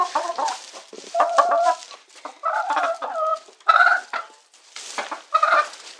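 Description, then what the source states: Chicken clucking: irregular bursts of harsh clucks and squawks throughout, with short quiet gaps between groups. Domestic chicken.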